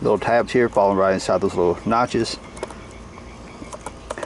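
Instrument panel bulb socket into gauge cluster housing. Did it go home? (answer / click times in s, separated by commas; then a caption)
yes / 4.1 s. An LED bulb socket for the instrument panel of a Jeep Wrangler YJ is dropped into the gauge cluster housing with its tabs lined up in the notches, then turned clockwise until it locks. Someone talks for the first two seconds, followed by quiet handling and small plastic ticks. The socket seats with a small click at 4.1 s.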